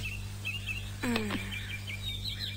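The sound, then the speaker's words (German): Bird chirping: a string of quick, high twittering notes runs throughout, broken by one brief, harsher call midway, all over a steady low hum with no talking, as the bird is offered bird food. “Nun, mein liebes Vögelchen”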